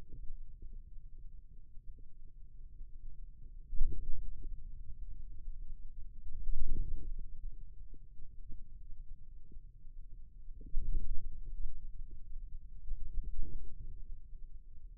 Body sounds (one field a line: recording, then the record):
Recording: forearm muscle sounds (acoustic myography)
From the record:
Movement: wrist flexion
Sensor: system 2, bracelet of six BSWA MPA416 microphones around the upper forearm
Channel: 2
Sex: male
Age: 22 years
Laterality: right